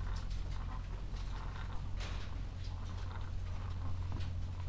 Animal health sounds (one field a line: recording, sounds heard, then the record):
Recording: poultry house recording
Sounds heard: sick chickens (respiratory disease)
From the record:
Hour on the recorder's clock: 14